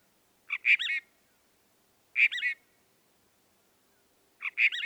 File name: Northern Mockingbird